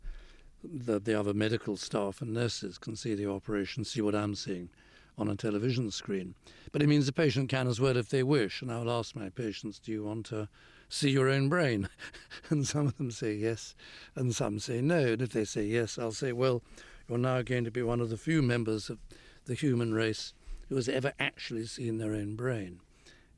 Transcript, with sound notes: the other medical staff and nurses can see the operation, see what I'm seeing on a television screen, but it means the patient can as well if they wish. And I will ask my patients do you want to see your own brain (laughter)? And some of them say yes and some say no. And if they say yes, I'll say, well, you're now going to be one of the few members of the human race who has ever actually seen their own brain,